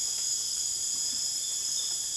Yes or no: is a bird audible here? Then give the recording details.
no. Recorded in dense forest near Puerto Asís, Putumayo, Colombia, on 24 June 2025 at 21:30. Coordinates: 0.484, -76.325. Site H65